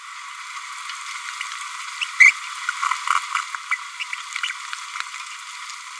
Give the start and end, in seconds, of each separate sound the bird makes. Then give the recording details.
2.00-2.05, 2.19-2.33, 3.70-3.77, 3.99-4.04, 4.42-4.49. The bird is a female. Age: 28 days. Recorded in a nest box in Venezuela. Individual 17B102A5